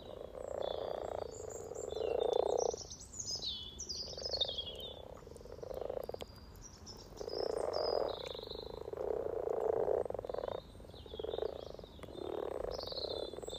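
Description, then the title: Frogs give a long series of purring croaks in waves, while several birds chirp and sing over the chorus. Chorus of about 20 frogs in sunny garden pond, some floating, some on fresh spawn, welcoming arriving females; Freshfield, Formby, Merseyside, UK; sunny St Patrick's day lunchtime, 17 March 2023, spring. "Frog Chorus Spring sounds first Lunch outside St Patrick’s day 17 March 2023 . Freshfield, Formby"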